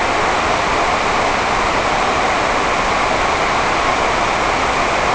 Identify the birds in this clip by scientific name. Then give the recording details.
none. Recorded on Arctic tundra, site NAIT-1, on 28 June 2018. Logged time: 11:00